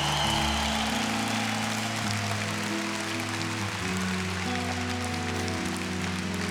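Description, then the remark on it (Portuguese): A crowd claps steadily and continuously, a dense crackling wash of applause with low sustained tones humming underneath, holding an even loudness throughout. “Palmas, por favor.”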